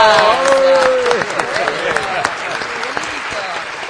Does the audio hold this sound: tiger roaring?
no